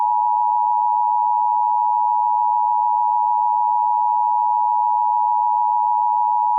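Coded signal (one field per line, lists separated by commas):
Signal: Emergency Alert System (SAME) tones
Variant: 853 and 960 Hz attention tone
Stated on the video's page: Fictional EAS scenario about World War 3.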